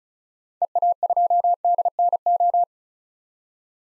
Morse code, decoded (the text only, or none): EA2DNO